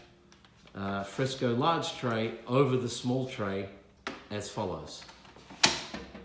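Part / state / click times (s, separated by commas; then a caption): large plastic tray onto high chair small tray / seated / 5.6 s. A large plastic tray is slid over the small tray of a Bloom Fresco high chair while someone talks. A sharp click at 5.6 s shows the tray locking into place.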